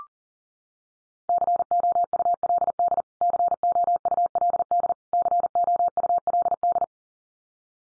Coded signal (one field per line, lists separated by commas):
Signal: Morse code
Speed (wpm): 40 wpm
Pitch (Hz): 700 Hz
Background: none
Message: COULD COULD COULD